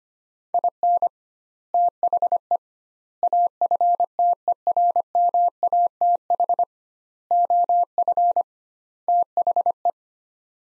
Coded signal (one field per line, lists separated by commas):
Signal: Morse code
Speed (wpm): 25 wpm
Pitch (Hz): 700 Hz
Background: none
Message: IN THE AFTERMATH OF THE